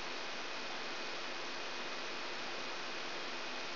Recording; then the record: brain microelectrode recording played as sound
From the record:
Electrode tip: outside the subthalamic nucleus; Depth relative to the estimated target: -6 mm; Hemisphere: left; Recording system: AlphaMap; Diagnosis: Parkinson's disease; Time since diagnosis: 9 years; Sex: female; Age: 63 years